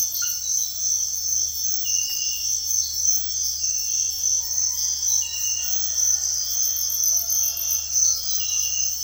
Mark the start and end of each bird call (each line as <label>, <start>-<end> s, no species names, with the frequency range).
bird call (0.3-2.1 kHz), 4.42-8.62 s